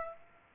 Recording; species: mosquito wingbeat signal from an infrared sensor; Aedes aegypti